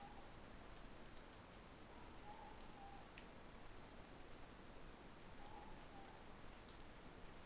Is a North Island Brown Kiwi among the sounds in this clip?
no